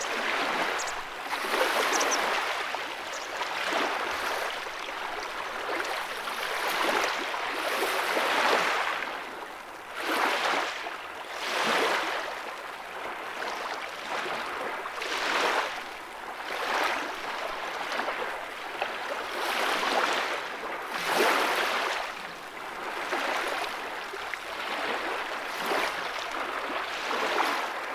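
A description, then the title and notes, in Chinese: A broad river surges steadily, its rushing water swelling and easing every two to three seconds like waves. The hiss stays dense and fairly bright throughout, with no quiet gaps and little low rumble beneath. 大江已有了海的声形，糁入嫩凉的晨中清凉的雨。江河涌涌。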